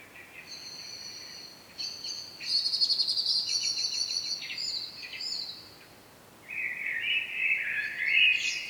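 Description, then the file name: Common blackbird calling with a high, chattering run of rapid notes, a pause, then a lower warbled phrase rising toward its end. "Turdus merula"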